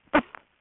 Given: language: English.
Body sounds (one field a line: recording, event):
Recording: throat vibration sensor signal played as sound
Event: cough